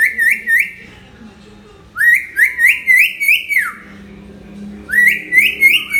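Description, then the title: Hill myna singing quick bursts of rising, looping whistles in rapid runs, pausing briefly between bursts. Hill myna in full, energetic voice (gacor), offered as a tutor recording (masteran) for training birds. "Suara Burung Beo Gacor Cocok Untuk Masteran"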